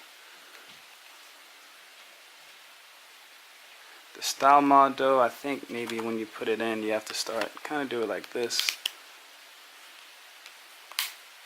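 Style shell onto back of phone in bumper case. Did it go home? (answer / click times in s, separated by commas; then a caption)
yes / 11.0 s. A plastic style shell (mod) is pressed onto the back of a Moto Z2 Force phone sitting in a plastic bumper case, starting at one end, while someone talks. After the talking stops, the shell snaps on with a sharp click at 11.0 s and is seated, though one side is not fully in.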